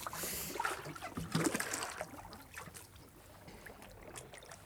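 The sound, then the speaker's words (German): Cold water sloshes and splashes in an uneven rhythm as someone swims, with louder bursts early on fading into softer, steady rippling and dribbling. “Mein Gott, muss das Wasser kalt sein.”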